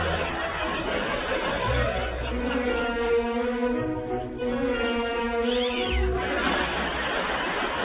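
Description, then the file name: Domestic cat meowing, a few drawn-out harmonic meows running through the middle seconds over steady background noise. "funny cats"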